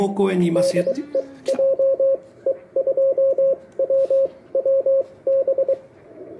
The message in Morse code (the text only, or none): DE JE2WWB